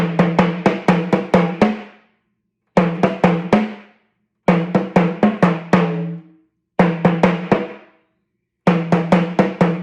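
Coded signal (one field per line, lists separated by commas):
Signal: talking drum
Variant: Yoruba sakara drum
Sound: five phrases of quick low drum strokes with slight pitch changes, separated by pauses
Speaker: that doesn't amount as not as thought doesn't amount to the height of your knee and is threatening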